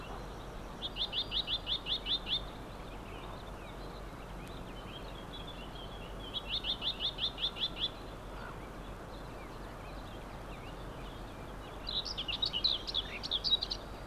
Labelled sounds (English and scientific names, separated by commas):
Common Whitethroat (Sylvia communis) song